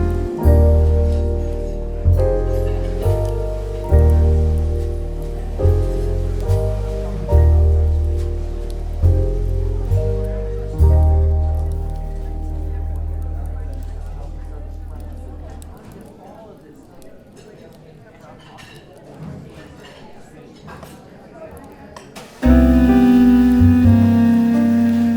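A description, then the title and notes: Soft jazz with a thudding bass line plays for fifteen seconds, fades into quiet murmuring crackle, then music returns abruptly near twenty-two seconds. Coffee Shop Bookstore Ambience with Relaxing Smooth Jazz Music and Crackling Fireplace.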